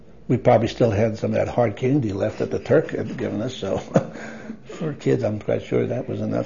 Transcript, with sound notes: we probably still had some of that hard candy left that the Turk had given us. (laughs) For kids I'm pretty sure that was enough.